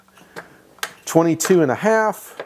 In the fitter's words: and you just pull that little trigger and it just clicks into place and it locks in there when it is set